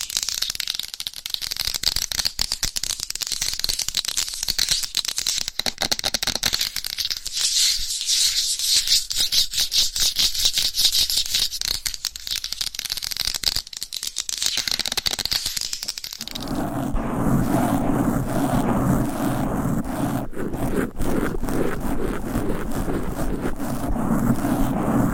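Fast, aggressive scratching of nails across a microphone cover, a dense rapid rasp that stays bright and hissy for the first sixteen seconds. Then the texture changes abruptly to a lower, rougher rubbing with a fuller body, continuing steadily to the end.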